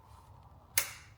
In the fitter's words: wait for the click which it has done and then what I'm going to do is